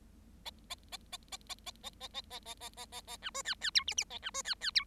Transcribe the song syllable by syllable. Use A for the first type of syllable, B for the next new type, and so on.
A A A A A A A A A A A A A A A A B C D D E F F A B C D D E